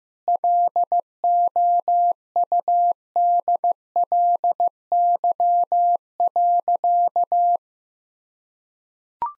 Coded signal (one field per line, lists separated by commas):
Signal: Morse code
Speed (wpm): 14 wpm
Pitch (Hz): 700 Hz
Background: none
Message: LOUDLY.